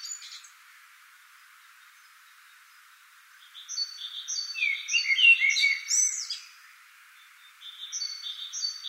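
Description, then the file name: Common blackbird gives one fluted, warbling phrase with a sharp high flourish at its end, framed by another bird's rhythmic high double notes. "Turdus merula"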